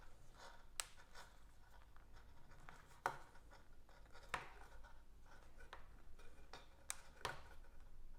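A replacement ear pad cushion's plastic flange is tucked under the nine protrusions on a Bose QC35 headphone ear cup and pushed in. Sharp, short clicks sound at 0.8, 3.1, 4.3, 6.9 and 7.3 seconds over faint rustling and handling noise. The pad clicks into place and is seated on the tabs.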